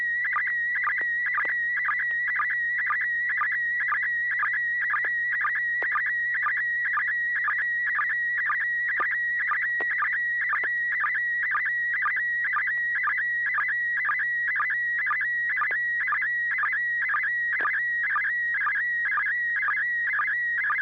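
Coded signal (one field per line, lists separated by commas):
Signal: SSTV (slow-scan television)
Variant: PD120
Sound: continuous warbling whistle near 2 kHz with a rhythmic low chirp twice per second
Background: low mains hum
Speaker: AI6DG, and see you have a picture if you're ready to send over.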